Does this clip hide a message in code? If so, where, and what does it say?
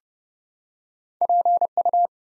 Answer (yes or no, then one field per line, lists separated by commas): yes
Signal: Morse code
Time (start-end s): 1.2-2.1 s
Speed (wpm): 30 wpm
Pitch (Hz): 700 Hz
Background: none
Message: PU